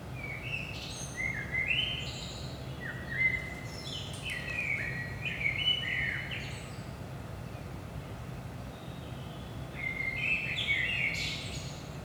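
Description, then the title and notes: Common blackbird singing a run of mellow whistled phrases with thin high flourishes, several phrases in quick succession against a constant low background rumble. Singing at Saint-Gilles, Belgium, early morning around 5 am; recorded with DPA 4060 microphones in AB pair into a Zoom F3. "Saint-Gilles, Belgique - 5am Blackbird. Blackbird in the morning. Merle au petit matin"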